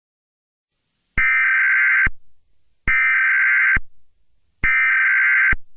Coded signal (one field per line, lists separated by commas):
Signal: Emergency Alert System (SAME) tones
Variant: header bursts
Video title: EAS Scenario #5 - Time Goes Forwards